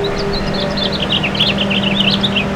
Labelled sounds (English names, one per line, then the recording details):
House Finch song
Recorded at Bellport on Long Island, New York, on 21 June 2013
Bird E